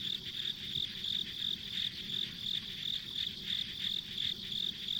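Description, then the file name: Insect song of short high chirps repeated evenly about three times a second, backed by a faint insect buzz. Ambient insect sounds recorded on a country road. "田舎道の虫の環境音"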